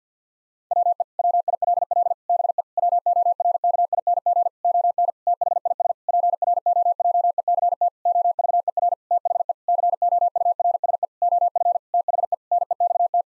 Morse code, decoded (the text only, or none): WE WILL BE WORKING ON THIS PROJECT OVER THE COURSE OF THE NEXT